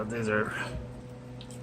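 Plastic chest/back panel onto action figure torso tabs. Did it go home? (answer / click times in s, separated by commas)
yes / 1.4 s, 1.5 s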